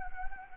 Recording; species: mosquito wingbeat signal from an infrared sensor; Anopheles gambiae